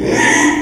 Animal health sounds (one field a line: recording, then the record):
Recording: squeal of a Yucatan mini pig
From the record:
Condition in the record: after surgery on the right vocal fold (resection and tissue-engineered implant)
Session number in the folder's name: 3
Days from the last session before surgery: 33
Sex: male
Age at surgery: 12 weeks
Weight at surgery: 13 kg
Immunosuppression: cyclosporine, prednisolone